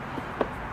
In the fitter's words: locks in place